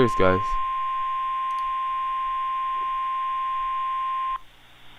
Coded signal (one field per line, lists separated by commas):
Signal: Emergency Alert System (SAME) tones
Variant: 1050 Hz attention tone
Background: speech